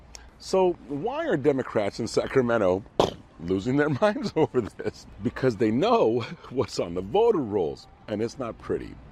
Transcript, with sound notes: So why are Democrats in Sacramento losing their minds over this? (laughs) Because they know what's on the voter rolls, and it's not pretty.